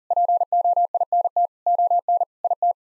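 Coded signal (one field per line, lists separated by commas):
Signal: Morse code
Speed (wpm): 40 wpm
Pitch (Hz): 700 Hz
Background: none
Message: POINT ON IT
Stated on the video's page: Head-copy drill of nine-word common word groups sent at 40 wpm, each set sent twice.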